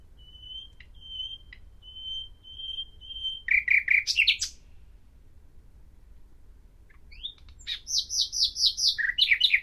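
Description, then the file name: Common nightingale song: slow series of soft pure whistles, a rapid churring burst, a pause, then fast repeated high notes and a rattling phrase. "Luscinia megarhynchos"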